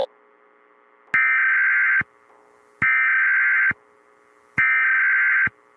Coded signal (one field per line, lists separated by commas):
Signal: Emergency Alert System (SAME) tones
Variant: header bursts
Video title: "MIDWEST MADNESS" - An EAS Scenario